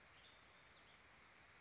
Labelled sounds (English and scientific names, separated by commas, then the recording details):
Western Tanager (Piranga ludoviciana)
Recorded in Sonoma County, California